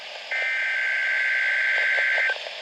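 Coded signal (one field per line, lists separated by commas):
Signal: Emergency Alert System (SAME) tones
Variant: header bursts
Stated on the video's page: NOAA Weather Radio weekly test received on an NWS weather radio box, via tropospheric propagation from a distant transmitter.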